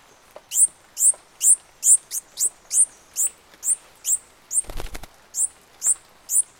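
Bird calls: a steady run of high, sharp chirps about twice a second, briefly broken by a burst of rustling noise midway.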